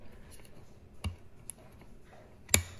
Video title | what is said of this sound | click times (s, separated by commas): Velowave Ghost E-bike - Upgrades, Adjustments and Repairs | and it snaps right in the back here | 2.5 s